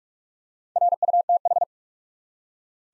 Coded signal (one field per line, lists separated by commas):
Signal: Morse code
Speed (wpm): 46 wpm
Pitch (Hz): 700 Hz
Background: none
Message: RUTH